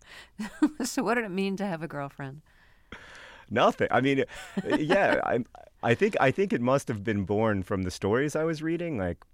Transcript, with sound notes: So what did it mean to have a girlfriend?
Nothing. I mean...
(Laughter).
Yeah, I think it must have been born from the stories I was reading.